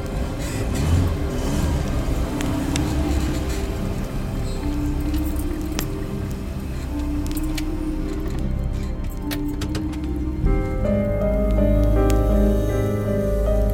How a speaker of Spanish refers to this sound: Entonces escuchó el ruido del motor de un coche fuera de la casa.